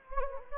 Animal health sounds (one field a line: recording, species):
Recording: mosquito wingbeat signal from an infrared sensor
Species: Anopheles gambiae